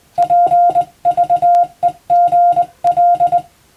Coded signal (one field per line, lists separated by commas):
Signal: Morse code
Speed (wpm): 21 wpm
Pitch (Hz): 700 Hz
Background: none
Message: PVEGL